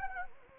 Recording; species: mosquito wingbeat signal from an infrared sensor; Anopheles gambiae